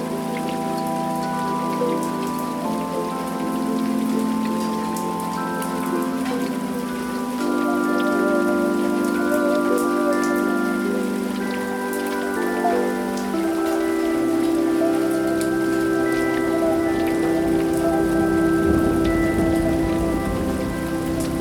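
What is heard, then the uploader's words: Raindrops patter steadily on a roof, a dense spray of small ticks spread across the whole 21 seconds with no gaps. Beneath them runs a sustained low, humming set of tones that shifts pitch around 7 and 13 seconds, while the overall loudness stays even. Raindrops on the Roof.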